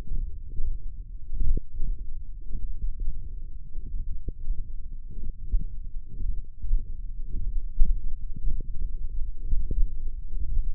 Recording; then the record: forearm muscle sounds (acoustic myography)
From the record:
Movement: hook grip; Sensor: system 1, eight BSWA MPA416 microphones around the upper forearm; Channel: 6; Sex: male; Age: 21 years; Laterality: right